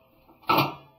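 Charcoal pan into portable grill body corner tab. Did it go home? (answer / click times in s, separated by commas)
yes / 0.5 s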